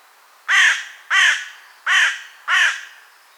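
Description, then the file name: Carrion crow giving four harsh, hoarse caws, evenly spaced about two-thirds of a second apart. "Corvus corone"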